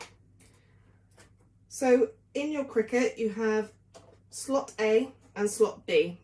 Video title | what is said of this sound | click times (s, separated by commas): Cricut Explore Air 2 Unboxing, Set Up, Basic Tools, First Cut and Contour | and then bring the top down on top and that should also click in | 0.0 s